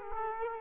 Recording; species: mosquito wingbeat signal from an infrared sensor; Culex quinquefasciatus